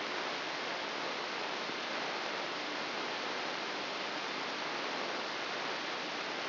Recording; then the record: brain microelectrode recording played as sound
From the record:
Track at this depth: outside the subthalamic nucleus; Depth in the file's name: 6.398 mm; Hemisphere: left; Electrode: 3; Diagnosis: Parkinson's disease